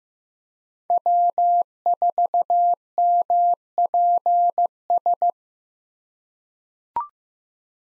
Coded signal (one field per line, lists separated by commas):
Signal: Morse code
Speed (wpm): 15 wpm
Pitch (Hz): 700 Hz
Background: none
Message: W4MPS